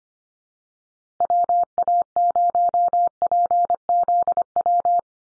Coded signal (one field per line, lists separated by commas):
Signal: Morse code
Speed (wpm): 25 wpm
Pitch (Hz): 700 Hz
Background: none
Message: WA0PZW